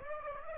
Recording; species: mosquito wingbeat signal from an infrared sensor; Aedes aegypti